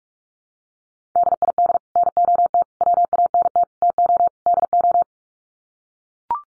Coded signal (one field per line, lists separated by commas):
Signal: Morse code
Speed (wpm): 44 wpm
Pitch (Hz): 700 Hz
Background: none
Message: DID NOT WANT TO DO